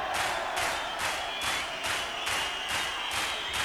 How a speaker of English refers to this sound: Attention, everybody. This is a police raid. Hands up. That applies to all of you. Now clap your hands.